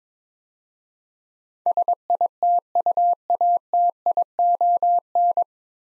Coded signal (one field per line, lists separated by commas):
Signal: Morse code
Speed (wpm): 22 wpm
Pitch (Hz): 700 Hz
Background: none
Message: SITUATION